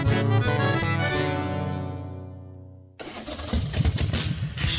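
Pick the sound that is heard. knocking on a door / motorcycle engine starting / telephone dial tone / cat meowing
motorcycle engine starting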